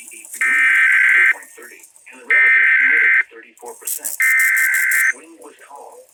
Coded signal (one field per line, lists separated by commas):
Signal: Emergency Alert System (SAME) tones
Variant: header bursts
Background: speech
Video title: I'M RUNNING OUT OF NAMES FOR THESE! NWR EAS: Required Weekly Test (EAS #1,343 - 1,344)